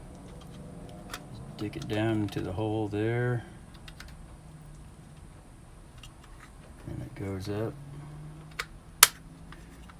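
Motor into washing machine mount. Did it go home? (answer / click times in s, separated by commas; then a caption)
yes / 9.0 s. A motor is set down into its hole in a washing machine and pushed up into its mount while someone talks. Small taps and knocks follow, then a sharp, loud click at 9.0 s as the motor snaps into place and is seated.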